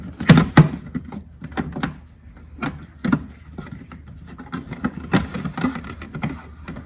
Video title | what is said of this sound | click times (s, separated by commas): BMW Z4 Shock Install | and you're gonna hear the snaps as it goes in get behind the understrip the weather stripping just keep | 0.3 s, 0.4 s, 0.6 s, 1.8 s